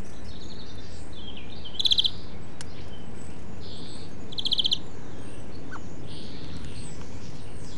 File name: Chloris chloris